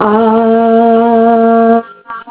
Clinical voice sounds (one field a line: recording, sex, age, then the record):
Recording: sustained vowel /a/ by telephone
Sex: female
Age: 80 to 89 years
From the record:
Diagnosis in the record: Parkinson's disease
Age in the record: 85 years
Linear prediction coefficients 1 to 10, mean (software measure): 1.74, -1.05, -0.08, 0.11, 0.34, -0.36, -0.07, 0.14, 0.09, -0.13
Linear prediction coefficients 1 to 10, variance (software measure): 0.134, 0.136, 0.039, 0.030, 0.058, 0.052, 0.034, 0.035, 0.029, 0.008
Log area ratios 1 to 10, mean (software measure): -2.65, 2.60, -0.59, -0.12, 0.18, 0.25, -0.28, 0.00, 0.33, 0.27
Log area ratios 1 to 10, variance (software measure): 0.478, 0.162, 0.190, 0.101, 0.091, 0.134, 0.100, 0.055, 0.034, 0.035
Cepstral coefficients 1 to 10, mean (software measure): 1.74, 0.52, -0.05, -0.25, 0.06, 0.00, -0.15, -0.18, -0.09, -0.01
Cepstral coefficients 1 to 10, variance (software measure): 0.134, 0.109, 0.064, 0.023, 0.021, 0.019, 0.012, 0.015, 0.010, 0.004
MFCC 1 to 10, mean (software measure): -4.00, 1.93, -0.45, -0.11, 0.16, -0.91, -0.13, 0.43, -0.15, -0.44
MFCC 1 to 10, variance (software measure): 4.932, 0.411, 0.290, 0.135, 0.229, 0.255, 0.207, 0.160, 0.112, 0.087